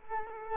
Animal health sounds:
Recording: mosquito wingbeat signal from an infrared sensor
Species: Culex quinquefasciatus

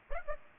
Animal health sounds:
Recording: mosquito wingbeat signal from an infrared sensor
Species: Aedes aegypti

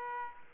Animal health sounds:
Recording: mosquito wingbeat signal from an infrared sensor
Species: Aedes aegypti

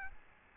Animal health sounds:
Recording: mosquito wingbeat signal from an infrared sensor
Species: Aedes albopictus

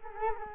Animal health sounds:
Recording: mosquito wingbeat signal from an infrared sensor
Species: Culex quinquefasciatus

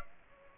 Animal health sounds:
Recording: mosquito wingbeat signal from an infrared sensor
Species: Aedes aegypti

